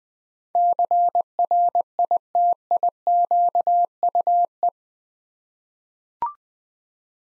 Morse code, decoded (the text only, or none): CRITIQUE